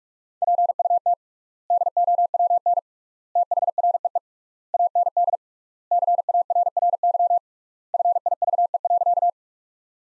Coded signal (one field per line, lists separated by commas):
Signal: Morse code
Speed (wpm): 45 wpm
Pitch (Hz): 700 Hz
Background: none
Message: PUT DOWN THREE AND CARRY FIVE.